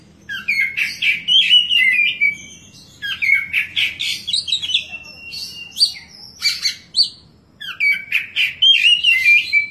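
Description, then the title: Oriental magpie-robin singing a long, varied medley of sweet whistles, trills and scratchy notes in bursts, with short pauses between phrases and a low background hum. "Kacer"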